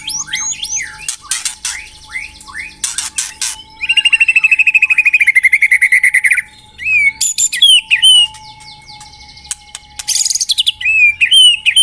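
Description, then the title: White-rumped shama song: a varied rush of clear whistles, sharp chips and a fast rattling trill, with rising and falling phrases and brief pauses between bursts. Lure song used to attract birds. "Pikat Murai Batu Durasi Panjang"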